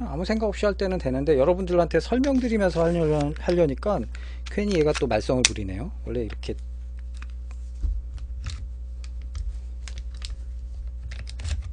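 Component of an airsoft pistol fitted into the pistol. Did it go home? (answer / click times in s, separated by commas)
no / none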